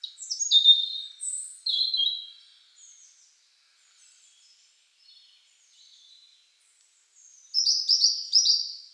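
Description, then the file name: European robin delivering quick high twittering phrases, then soft faint notes, ending with a loud, rapid, stuttering run of very high notes. "Erithacus rubecula"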